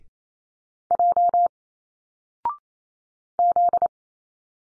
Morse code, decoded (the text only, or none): J Z